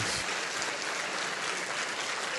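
An audience at a Methodist cathedral church service claps steadily to applaud the Lord Almighty, a dense, even wash of many hands applauding at full volume with no voices standing out, sustained throughout.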